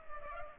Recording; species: mosquito wingbeat signal from an infrared sensor; Culex pipiens